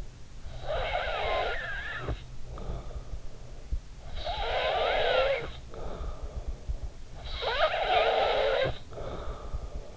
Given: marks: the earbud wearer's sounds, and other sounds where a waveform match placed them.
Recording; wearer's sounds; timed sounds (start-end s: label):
sounds in sleep by an in-ear microphone; snoring breath
0.17-3.43 s: snoring breath
4.00-6.80 s: snoring breath
7.23-9.97 s: snoring breath